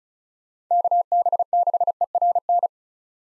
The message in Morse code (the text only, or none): KB6ERN